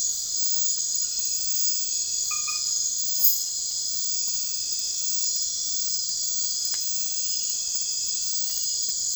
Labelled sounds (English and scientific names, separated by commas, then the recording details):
none
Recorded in secondary vegetation near Puerto Asís, Putumayo, Colombia, on 28 February 2025 at 00:30
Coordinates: 0.484, -76.319
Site G010